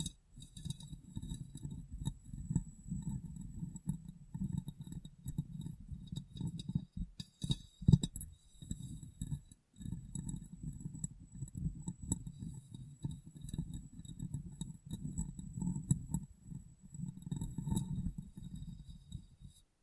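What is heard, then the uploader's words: Soft tapping and rubbing on glass, with a dense low muffled patter running almost continuously. Near the eight-second mark the sound drops out briefly around one sharper knock, then the steady tapping resumes, with faint light ticks and a thin high whine above. ASMR Glass Brain Tapping & Cleaning (No Talking).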